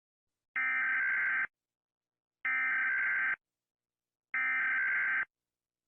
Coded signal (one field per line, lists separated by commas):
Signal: Emergency Alert System (SAME) tones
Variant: header bursts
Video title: Rating EAS Alarms (Because people are doing it)